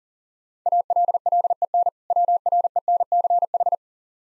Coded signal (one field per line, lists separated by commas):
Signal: Morse code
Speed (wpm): 37 wpm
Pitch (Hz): 700 Hz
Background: none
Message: ALLEN WRENCH